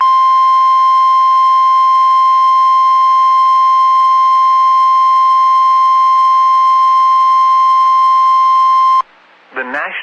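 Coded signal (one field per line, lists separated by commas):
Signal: Emergency Alert System (SAME) tones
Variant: 1050 Hz attention tone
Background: speech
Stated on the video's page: Received on NOAA Weather Radio station transmitting from Mena, Arkansas.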